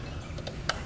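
A spark plug wire boot is pushed back onto the spark plug on the second side of a Cub Cadet RZT zero-turn lawnmower with a 50-inch deck, reconnected after the deck drive belt was replaced. A faint tap at 0.5 s is followed by a sharp, bright click at 0.7 s as the boot seats onto the plug.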